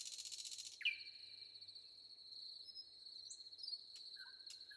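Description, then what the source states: Common nightingale song with a harsh buzzy burst, then a long pure whistled note and a few high slurred phrases over a steady high cricket trill. Recorded with wind and crickets.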